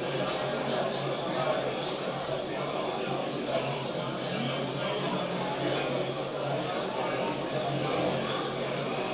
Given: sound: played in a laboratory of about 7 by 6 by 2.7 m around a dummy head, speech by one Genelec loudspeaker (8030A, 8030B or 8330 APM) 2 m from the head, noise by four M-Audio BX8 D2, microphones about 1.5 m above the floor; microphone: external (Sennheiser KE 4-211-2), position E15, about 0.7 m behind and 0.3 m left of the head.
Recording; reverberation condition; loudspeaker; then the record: cafeteria noise; medium; four, about 170 cm from the corners of the room and facing them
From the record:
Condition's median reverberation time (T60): about 510 ms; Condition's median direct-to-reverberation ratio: about -0.5 dB